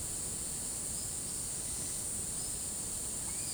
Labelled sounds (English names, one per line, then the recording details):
none
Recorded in secondary vegetation near Puerto Asís, Putumayo, Colombia, on 18 February 2024 at 11:00
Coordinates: 0.468, -76.324
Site G6381